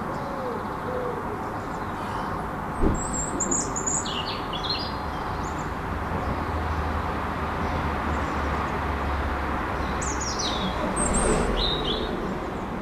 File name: Rouge-gorge dans la ville 5 03 15